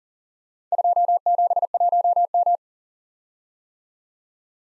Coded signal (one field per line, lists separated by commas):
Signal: Morse code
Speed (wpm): 41 wpm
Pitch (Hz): 700 Hz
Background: none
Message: 271M